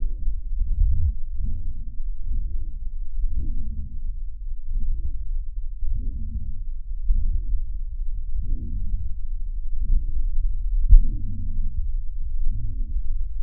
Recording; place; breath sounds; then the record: lung sounds by stethoscope; left posterior upper chest; expiratory wheeze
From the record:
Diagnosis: asthma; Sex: female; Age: 41 years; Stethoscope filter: bell mode, 20 to 200 Hz